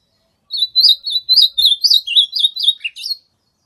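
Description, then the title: Ultramarine grosbeak song: a rapid warbled phrase of many high notes, with a lower dropping note just before the end; otherwise silent. Wild, natural song from the bush. "AZULÃ O O VERDADEIRO CANTO DO MATO"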